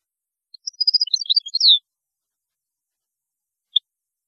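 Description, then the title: European goldfinch twittering phrase of quick liquid chirps ending in a slurred descending note, followed after a pause by a single short chirp. "Chant Chardonneret"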